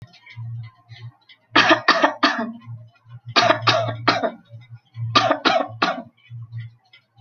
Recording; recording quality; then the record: shallow voluntary cough; moderate, slight background noise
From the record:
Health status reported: healthy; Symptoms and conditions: none ticked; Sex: female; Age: 24 years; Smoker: not ticked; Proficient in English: yes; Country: India